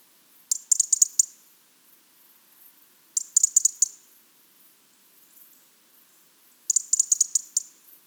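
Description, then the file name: European robin tick calls: three quick bursts of sharp, dry clicks, a few seconds apart, with quiet between. "Erithacus rubecula"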